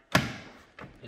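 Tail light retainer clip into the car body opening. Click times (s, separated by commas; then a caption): 0.1 s. A plastic tail light retainer clip is pushed into its hole in the body of a Cadillac XLR after the part is aligned during a tail light repair. A sharp snap at 0.2 s is followed by a fainter tap near 0.8 s. The clip snaps into place and is seated.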